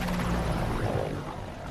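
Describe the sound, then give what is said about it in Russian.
Two helicopters fly out of a gorge and pass over a ridge with a loud, steady rotor drone and deep engine rumble, a continuous churning roar that eases slightly toward the end, with no voices. “Из ущелья вылетают два других вертолета, пролетают над грядой.”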